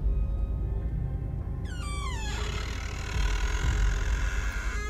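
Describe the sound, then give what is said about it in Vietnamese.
A door creaks slowly open, a drawn-out, high-pitched squeal that glides downward and then holds a steady whine over a constant low rumble. No one speaks. “Trong lúc hai mẹ con bà Xoan đang run cầm cập với nhau thì ở đằng sau lưng, cánh cửa từ từ mở ra rít lên một tiếng rợn hết cả người.”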